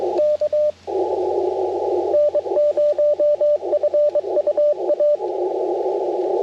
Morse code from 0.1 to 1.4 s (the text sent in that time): K